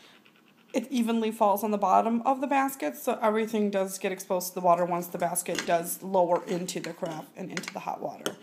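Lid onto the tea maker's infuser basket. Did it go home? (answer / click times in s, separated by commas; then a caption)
no / none. Someone talks while handling the infuser basket of a Breville One-Touch Tea Maker, freshly filled and leveled with loose leaf tea, with faint brief handling sounds in the first half second. The basket's plastic lid has not yet been slid back on, so nothing has seated or clicked yet.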